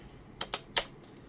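A metal hex bit adapter is pushed onto the square drive anvil of a COSCO 21V cordless impact wrench. Sharp clicky hits sound at 0.4 s and 0.5 s, and the loudest snap comes at 0.8 s as the adapter seats on the drive.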